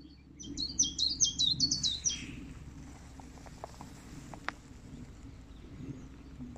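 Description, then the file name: Willow warbler song: a short run of high notes lasting under two seconds, over a low steady rumble, with faint clicks afterward. "fitis"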